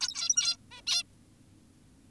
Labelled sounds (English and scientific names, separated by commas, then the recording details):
Zebra Finch (Taeniopygia guttata)
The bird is an adult
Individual g17y2U